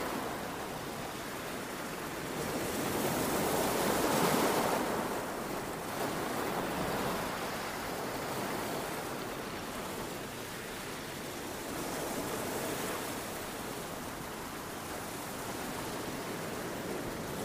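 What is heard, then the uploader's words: Ocean waves wash steadily in a dense, hissing roar, with one fuller swell around four seconds and gentler surges later. Beach House Ocean Wave Sounds.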